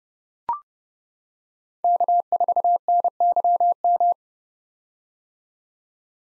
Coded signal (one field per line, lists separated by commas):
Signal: Morse code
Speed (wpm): 32 wpm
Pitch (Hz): 700 Hz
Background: none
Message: K4NYM